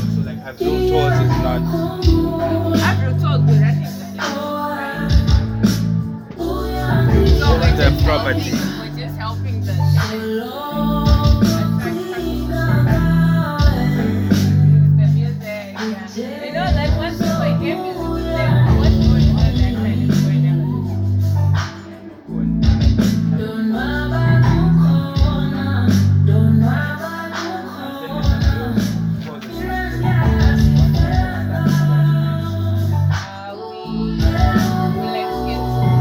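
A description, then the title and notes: At craft and curio stalls in Victoria Falls, loud music plays, with a thumping, regular bass beat and voices that move over it. The sound stays dense and steady, breaking off briefly around 10, 15 and 22 seconds. In this episode, I check out some art, craft & curio stalls in Victoria Falls, Zimbabwe.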